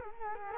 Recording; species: mosquito wingbeat signal from an infrared sensor; Culex quinquefasciatus